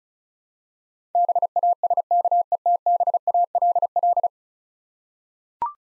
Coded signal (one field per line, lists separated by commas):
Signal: Morse code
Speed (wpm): 36 wpm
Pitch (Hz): 700 Hz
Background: none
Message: BASKETBALL